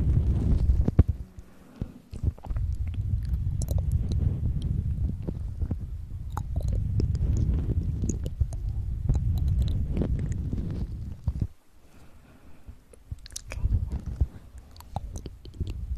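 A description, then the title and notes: Mouth sounds: wet clicks, smacks and chewing-like noises with a low, rumbling undertone that runs almost throughout. Sharp ticks come every second or so, denser in the middle. The low sound drops out briefly around 11.5 seconds, then returns more softly near 13 seconds. Mouth Sounds.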